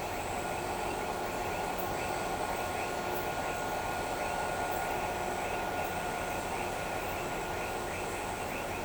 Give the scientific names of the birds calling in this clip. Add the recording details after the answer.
none. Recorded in shrubland near Pivijay, Magdalena, Colombia, on 16 April 2023 at 18:30. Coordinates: 10.453, -74.365. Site P5-G022